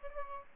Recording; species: mosquito wingbeat signal from an infrared sensor; Aedes aegypti